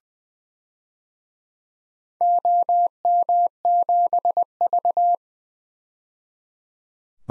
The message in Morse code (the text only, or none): OM7V